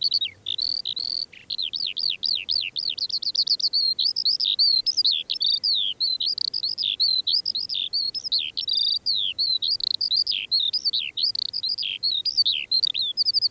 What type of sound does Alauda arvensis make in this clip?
song